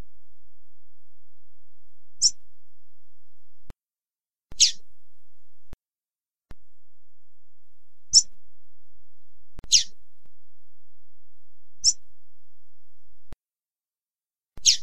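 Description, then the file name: Double-collared seedeater giving six short, high, sharp chirps, spaced irregularly a few seconds apart, with brief silent gaps and faint clicks between. Female, song. "canto da coleirinha femea"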